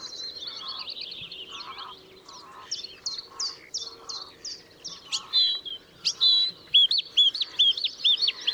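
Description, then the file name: Bluethroat song, beginning with rapid buzzy, scratchy phrases and ending in a quick series of clear, repeated hooked whistles. Recorded 13 April 2014 at Schurrsee. "Blaukehlchen 13 04 2014 Schurrsee Michle Pron"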